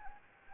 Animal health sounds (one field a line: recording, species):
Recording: mosquito wingbeat signal from an infrared sensor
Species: Anopheles gambiae